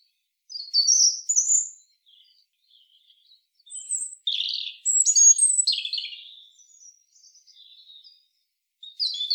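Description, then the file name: European robin sings scattered high phrases: sweet thin whistles, a few scratchy notes and falling slurs, separated by short silences. "Erithacus rubecula"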